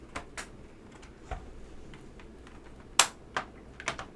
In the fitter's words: There we go. I feel a lot better about that. Oh, a couple clips didn't catch.